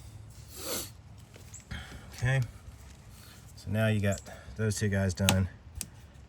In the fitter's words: You can hear them snap in fully.